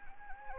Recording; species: mosquito wingbeat signal from an infrared sensor; Anopheles gambiae